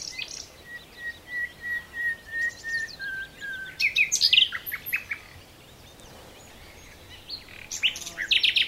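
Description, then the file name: Common nightingale song opening with a series of pure, evenly spaced whistled notes, then bursting into loud rapid chirps and trills, pausing, and resuming with sharp notes. "Luscinia megarhynchos"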